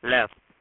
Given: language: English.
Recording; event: throat vibration sensor signal played as sound; speech